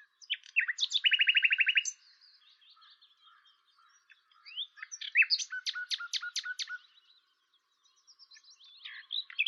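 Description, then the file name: Common nightingale song: a loud fast rattle, softer varied notes, then a burst of repeated sharp notes and quieter twittering phrases. "Luscinia megarhynchos"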